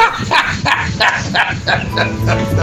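A dog barks loudly in a quick, steady run of short, sharp barks, roughly six or seven in under three seconds, with no one talking over it.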